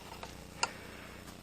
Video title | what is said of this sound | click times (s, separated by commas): Jeep bucking, hard shift, missing, hesitation 2.4 liter fix. Patriot, Compass Problem solved! | And then lock your safety. | 0.6 s